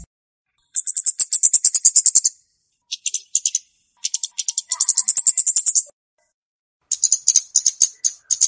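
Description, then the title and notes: Flowerpecker's dry, rapid high-pitched chipping in repeated rattling bursts with brief pauses between. Chirping recording used as a lure for trapping flowerpeckers; Indonesian local names Kemade and Cabe Cabean. "Kicau Untuk Pancing Burung Kemade ( Cabe Cabean). Suara Burung Cabe Cabean Pikat"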